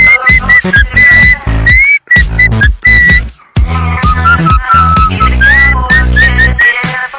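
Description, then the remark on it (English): A bright whistled melody of short, bouncing phrases plays loudly over a punchy backing beat with heavy bass and drums, pausing briefly between phrases before picking the tune back up. “Kinda like that whistling song.”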